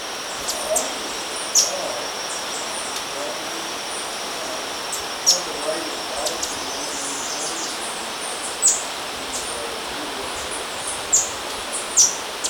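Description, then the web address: Golden Tanager uttering thin, very high chips spaced every few seconds, against a constant hiss of background noise and a faint insect tone. Recorded in Ecuador. "Natures Songs S America Birds of Ecuador. Golden Tanager"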